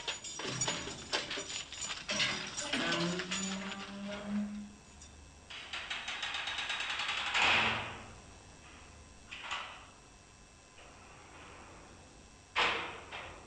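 A heavy metal prison door rattles and clicks, scrapes along with a low metallic groan, then slams shut with a loud clang, followed by a few fainter clunks and a final sharp bang.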